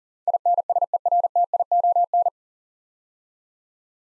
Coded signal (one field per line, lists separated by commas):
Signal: Morse code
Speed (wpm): 39 wpm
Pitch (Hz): 700 Hz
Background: none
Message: INSERTION